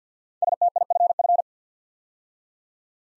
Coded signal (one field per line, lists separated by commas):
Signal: Morse code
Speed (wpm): 47 wpm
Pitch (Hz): 700 Hz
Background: none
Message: STIFF